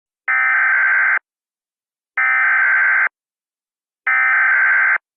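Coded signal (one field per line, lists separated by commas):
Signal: Emergency Alert System (SAME) tones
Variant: header bursts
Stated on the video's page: Mock tornado warning EAS alert made with EASyPLUS.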